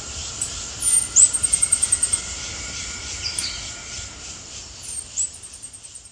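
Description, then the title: São Francisco sparrow giving very high, thin ticking notes in a quick run of about a second and a half, then scattered single high notes and a second, softer run at the end, with faint steady tones lower down. "LuckyPassaro Completos2Sama. Sao Francisco Sparrow (Arremon franciscanus)"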